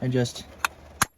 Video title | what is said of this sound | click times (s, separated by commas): How to Install Quick Release Steering Wheel Hub | until it clicks, and it just popped off because it obviously released it. | 0.6 s, 1.0 s